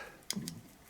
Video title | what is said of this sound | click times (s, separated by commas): How to make 'YOUR GOPRO 'record for 'HOURS' for £19 and how I record my WOLD RIDES | when you put this eliminator in place it does click in place like the battery doors on the back there | 0.3 s, 0.5 s